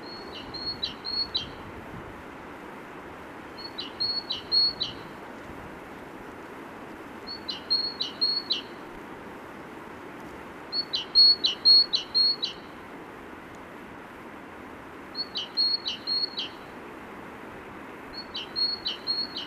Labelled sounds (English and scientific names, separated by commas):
Great Tit (Parus major) song